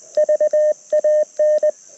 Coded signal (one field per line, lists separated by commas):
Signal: Morse code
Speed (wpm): 20 wpm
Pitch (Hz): 610 Hz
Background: radio noise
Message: VAN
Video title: Field Ops Friday - CW POTA Activation 07/21/2023 @ K-3684